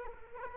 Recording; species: mosquito wingbeat signal from an infrared sensor; Culex quinquefasciatus